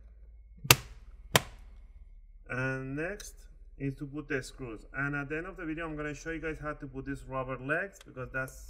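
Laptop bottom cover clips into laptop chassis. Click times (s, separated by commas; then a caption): 0.7 s, 1.4 s. The plastic bottom cover of an HP 15 Da000pla (3Px34la) laptop, put back on USB/IO side first, is pressed along its corners and sides so its clips snap into the chassis. Two loud, sharp snaps ring out at 0.7 s and 1.4 s, and the cover is seated. Afterward, someone talks.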